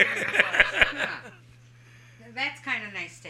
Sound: they laugh

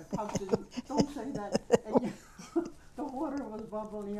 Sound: laughs

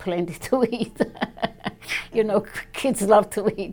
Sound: laughs

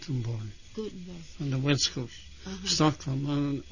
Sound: none

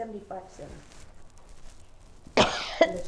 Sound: coughs

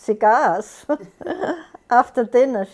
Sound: she laughs

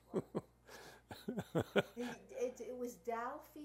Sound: laughs

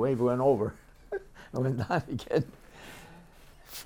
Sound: chuckles

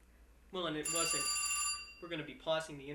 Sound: a telephone rings

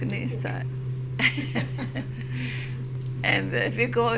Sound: laughs

